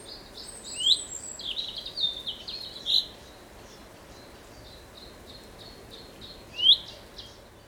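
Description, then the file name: Common chaffinch giving short, sharp upslurred calls at irregular intervals, over fainter high twittering notes and a steady background hiss. "Fringilla coelebs"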